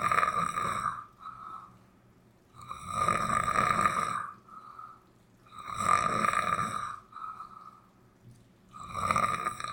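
Loud, rough, rattling snores from an adult sleeper recur about every three seconds, roughly 20 breaths a minute. Each snore is followed by a quieter, faintly whistling breath. This is ordinary snoring on inspiration, used as material in the sound poem 'material do poeta sonhante' by Luis Bravo.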